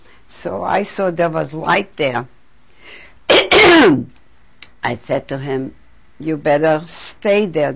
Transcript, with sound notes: So I saw there was light there. ( she coughs ) I said to him, "You better stay there.